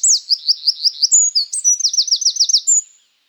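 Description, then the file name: Eurasian wren song: rapid high-pitched trills and strongly accented chattering notes, delivered in one loud, energetic phrase of about three seconds. "Troglodytes troglodytes"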